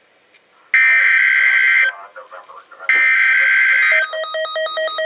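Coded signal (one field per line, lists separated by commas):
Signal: Emergency Alert System (SAME) tones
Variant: header bursts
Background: speech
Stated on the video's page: Test tornado warning recorded during a statewide tornado drill in Indiana.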